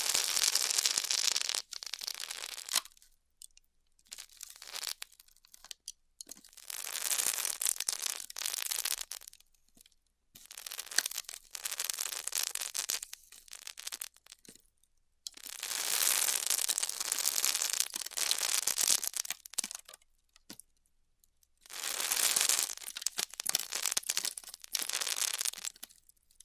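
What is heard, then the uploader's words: Styrofoam being heat cut, a hissing, crackling sizzle that comes in bursts of roughly two to five seconds, about six over the span. Each pass is bright and dense, strongest in the high range, with brief near-silent pauses and small clicks between passes. ASMR Styrofoam Heat Cutting (No Talking).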